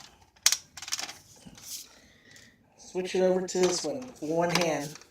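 A Shark Rotator Powered Lift-Away vacuum is switched over to lift-away mode, and its canister pod is handled with one hand to swing it toward the upright wand and floor nozzle assembly. A sharp plastic clack at 0.5 s and a quick rattle of handling knocks around 0.8–1.0 s are followed by someone talking. The clip ends before the canister goes home; nothing has seated or clicked yet.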